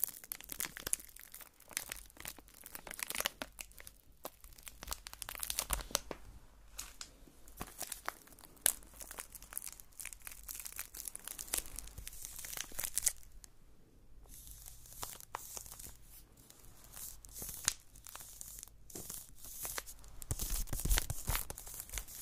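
Soap being carved and cut, a dense run of crisp, crinkly scraping strokes with sharp bright snaps, near-continuous throughout with brief quiet gaps.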